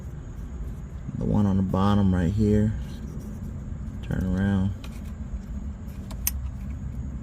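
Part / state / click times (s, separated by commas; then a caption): connector/line fitting on an air suspension compressor / seated / 6.3 s. A connection on the replacement air suspension compressor of a 2007–2013 BMW X5 E70 is pushed on while someone talks. A sharp click sounds at 6.3 s as the connection pops into place and seats.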